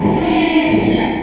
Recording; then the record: squeal of a Yucatan mini pig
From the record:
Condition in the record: after surgery on the right vocal fold (resection and tissue-engineered implant); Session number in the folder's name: 2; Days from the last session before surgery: 13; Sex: male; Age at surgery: 12 weeks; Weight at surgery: 13 kg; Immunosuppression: cyclosporine, prednisolone